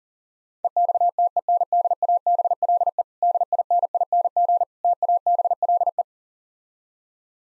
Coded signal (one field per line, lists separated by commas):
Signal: Morse code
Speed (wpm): 40 wpm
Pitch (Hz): 700 Hz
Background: none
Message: EXTENDABLE DINING TABLE